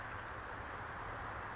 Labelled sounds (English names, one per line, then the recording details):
California Towhee
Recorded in Sonoma County, California